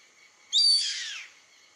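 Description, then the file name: Yellow-headed caracara calling with one shrill, grating scream that drops in pitch as it fades, over a faint steady hiss. "Canto do gaviao carrapateiro Milvago chimachima"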